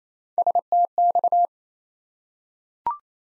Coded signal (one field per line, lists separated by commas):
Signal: Morse code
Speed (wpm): 28 wpm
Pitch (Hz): 700 Hz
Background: none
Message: STX